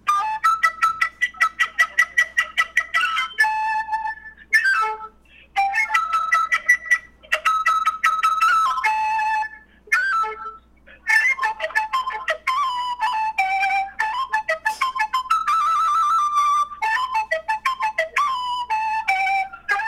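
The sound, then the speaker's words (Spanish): A quena flute plays a short fragment of a piece inspired by how birds sing, imitating birdsong with quick trilling bursts and bright, high warbling phrases broken by brief pauses. It plays alone and fairly loudly, with no talking. “¿Puede adelantarnos ya un poquito del canto de un pájaro que estará?”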